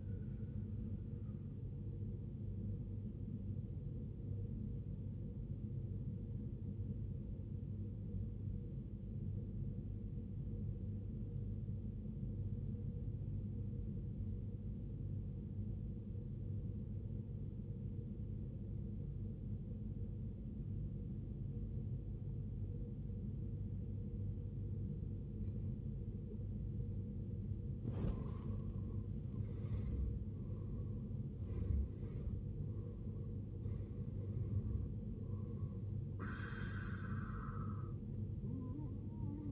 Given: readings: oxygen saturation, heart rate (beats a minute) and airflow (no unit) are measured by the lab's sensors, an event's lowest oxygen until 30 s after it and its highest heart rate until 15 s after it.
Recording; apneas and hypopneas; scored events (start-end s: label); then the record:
breathing in sleep by a smartphone at the bedside; 1
6.00-28.30 s: obstructive apnea (N1, oxygen 93% highest, then 75% lowest, heart rate 63 at the start, 81 highest)
14.00-39.51 s: new sleep stage, N2 (light sleep)
From the record:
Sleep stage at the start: N1 (lightest sleep); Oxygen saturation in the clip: 73 to 93%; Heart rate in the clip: 55 to 81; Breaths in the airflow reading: 3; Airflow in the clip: -17.5 to 15.3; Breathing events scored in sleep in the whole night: 389 in 6.3 hours asleep